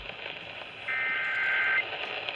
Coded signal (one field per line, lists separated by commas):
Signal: Emergency Alert System (SAME) tones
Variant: header bursts